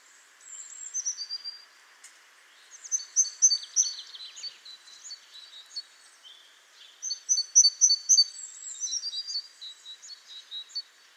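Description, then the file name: Great tit calls in several bursts of sharp, high repeated chirps, mixed with descending thin notes and softer chatter in the gaps. "Parus major"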